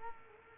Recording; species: mosquito wingbeat signal from an infrared sensor; Culex quinquefasciatus